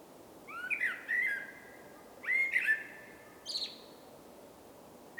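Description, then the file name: Common blackbird song: two rich, whistled fluting phrases, followed by a thin high note. "Turdus merula"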